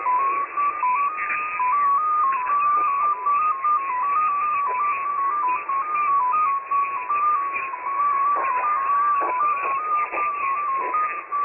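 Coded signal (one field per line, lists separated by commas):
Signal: multi-tone FSK (Olivia or MFSK type)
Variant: XPA2, 14-tone MFSK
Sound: a single tone hopping rapidly between close pitches, like a jittery melody, over hiss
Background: radio static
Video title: XPA2 On 11163kHz USB February 7, 2021 12:00 UTC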